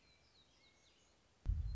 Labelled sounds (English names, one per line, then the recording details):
Black-throated Gray Warbler
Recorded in Sonoma County, California